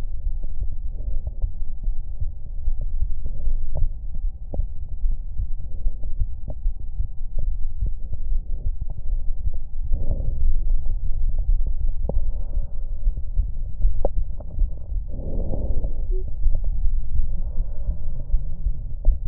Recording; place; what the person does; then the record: lung sounds by stethoscope; left anterior apical chest; quiet breathing, then deep breathing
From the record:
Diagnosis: interstitial lung disease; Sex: female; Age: 61 years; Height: 155 cm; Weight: 75.5 kg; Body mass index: 31.4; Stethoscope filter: extended mode